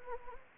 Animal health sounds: mosquito wingbeat signal from an infrared sensor; Anopheles gambiae

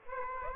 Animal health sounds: mosquito wingbeat signal from an infrared sensor; Aedes aegypti

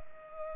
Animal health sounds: mosquito wingbeat signal from an infrared sensor; Culex pipiens

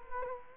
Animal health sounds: mosquito wingbeat signal from an infrared sensor; Culex quinquefasciatus

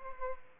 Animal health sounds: mosquito wingbeat signal from an infrared sensor; Culex pipiens

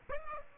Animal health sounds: mosquito wingbeat signal from an infrared sensor; Aedes aegypti

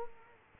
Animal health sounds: mosquito wingbeat signal from an infrared sensor; Culex quinquefasciatus

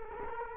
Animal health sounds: mosquito wingbeat signal from an infrared sensor; Culex quinquefasciatus

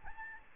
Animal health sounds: mosquito wingbeat signal from an infrared sensor; Aedes albopictus

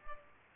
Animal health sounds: mosquito wingbeat signal from an infrared sensor; Culex pipiens

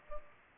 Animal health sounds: mosquito wingbeat signal from an infrared sensor; Culex pipiens

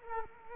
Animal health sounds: mosquito wingbeat signal from an infrared sensor; Culex quinquefasciatus

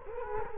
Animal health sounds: mosquito wingbeat signal from an infrared sensor; Culex quinquefasciatus

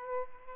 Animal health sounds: mosquito wingbeat signal from an infrared sensor; Aedes albopictus

